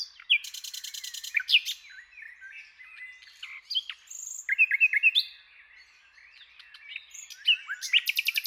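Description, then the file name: Common nightingale singing a fast, varied sequence: buzzy high rattles, whistled slurs and a closing run of rapid repeated notes. "Luscinia megarhynchos"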